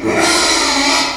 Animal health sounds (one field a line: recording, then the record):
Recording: squeal of a Yucatan mini pig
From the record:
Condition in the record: after surgery on the right vocal fold (resection and tissue-engineered implant)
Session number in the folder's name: 2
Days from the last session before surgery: 13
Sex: male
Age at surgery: 12 weeks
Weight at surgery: 13 kg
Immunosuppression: cyclosporine, prednisolone